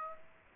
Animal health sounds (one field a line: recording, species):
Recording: mosquito wingbeat signal from an infrared sensor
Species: Aedes aegypti